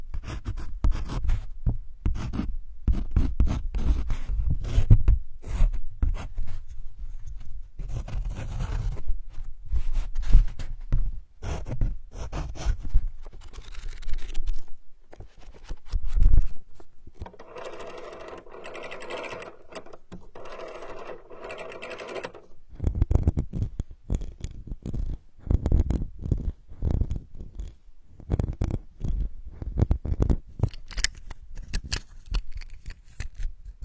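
Pages are flipped and handled in a dense run of dry rustles, taps and low thumps. From about 17 to 22 seconds it settles into a quieter steady hiss with a faint hum, then the brisk rustling and clicking return.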